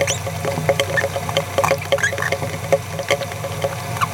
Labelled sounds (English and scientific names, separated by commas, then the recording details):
Green-rumped Parrotlet (Forpus passerinus) babbling
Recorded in a nest box in Venezuela
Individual 18B17A4